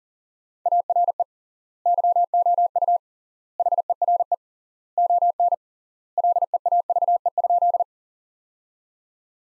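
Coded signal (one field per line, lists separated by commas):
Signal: Morse code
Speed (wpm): 40 wpm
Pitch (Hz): 700 Hz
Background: none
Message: ARE YOU HERE ON LEAVE?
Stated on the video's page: Morse practice sentences from the top 400 words at 40 wpm with 3x word spacing, a word-level variant of Farnsworth spacing.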